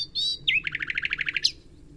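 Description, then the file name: Common nightingale song phrase: a brief whistle, then a steady rattling run of about ten identical rapid notes ending in a high flourish. "Luscinia megarhynchos"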